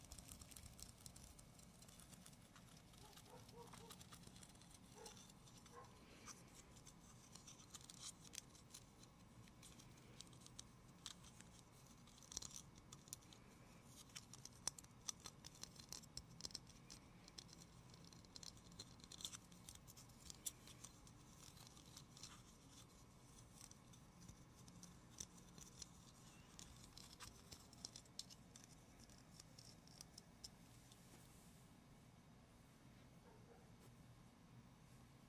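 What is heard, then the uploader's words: Gentle tapping and scratching, a dense, steady stream of small crisp clicks and scrapes over a low, constant hum throughout. ASMR medium gentle tapping and scratching.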